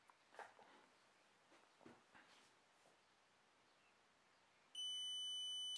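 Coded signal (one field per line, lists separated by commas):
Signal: beep code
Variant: Xiaomi Yi action camera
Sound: faint room noise, then one long high-pitched beep lasting about a second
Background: quiet room noise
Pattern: 1 long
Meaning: The edited settings script has been loaded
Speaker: now it's only going to load your talonnet settings here well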